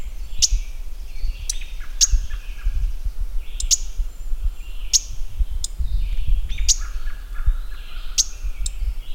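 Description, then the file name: Mourning warbler uttering abrupt, bright chips at irregular intervals, with faint bird twitters behind and a steady low rumble. "Mourning Warbler - Geothlypis philadelphia"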